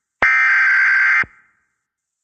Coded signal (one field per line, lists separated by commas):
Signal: Emergency Alert System (SAME) tones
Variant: header bursts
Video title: EAS Recreation Mock: 8-4-10: Please stop flushing toilets (Blurred)